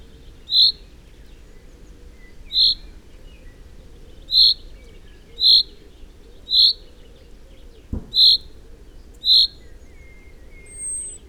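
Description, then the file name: Common chaffinch repeating a sharp, high, clipped call note at slightly irregular intervals, with a brief click partway through and faint hiss behind. "Fringilla coelebs"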